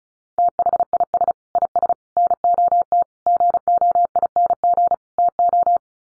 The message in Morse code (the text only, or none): THIS IS NOT GOING TO